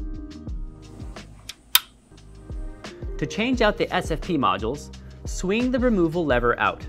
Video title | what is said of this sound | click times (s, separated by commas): About MSB Fiber Connections - AOC Cables Vs Stock Cables | When inserting the cable, make sure the lock audibly clicks into place. | 1.8 s